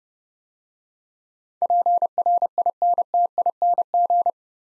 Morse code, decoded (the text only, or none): PRINTING